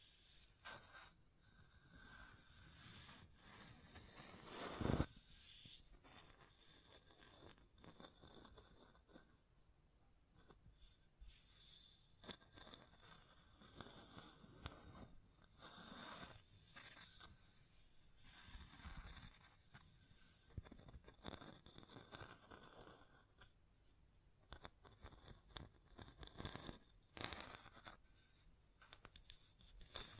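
Tapping, scratching and hand sounds brush against a microphone in a steady, busy stream of soft rustles and scrapes. Irregular taps and scratchy strokes come every second or so, with a sharp louder thump near five seconds and firmer bursts around 19 and 27 seconds.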